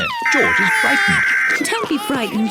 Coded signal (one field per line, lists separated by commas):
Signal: Emergency Alert System (SAME) tones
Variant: header bursts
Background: speech